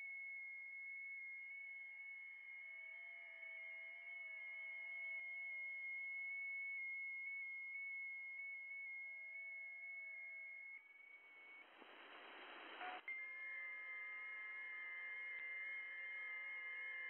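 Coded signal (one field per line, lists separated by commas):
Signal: FT8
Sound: several steady faint tones, one softly warbling stepped tone, brief burst of hiss midway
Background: radio static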